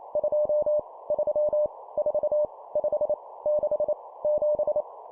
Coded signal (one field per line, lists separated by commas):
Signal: Morse code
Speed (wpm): 28 wpm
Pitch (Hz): 600 Hz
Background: none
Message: 2 3 4 5 6 7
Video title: 25wpm Numbers, cw morse code practice